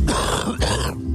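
Two rough, low-pitched bursts about half a second apart, with a groaning, throat-clearing quality. This is an acted adult cough, portraying the kind of coughing that can stop someone getting out and living a normal life.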